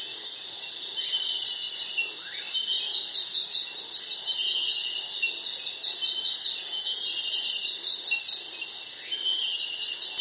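Cricket chorus, an unbroken wall of high shrill trilling in several layers, with a few soft rising chirps from another animal underneath.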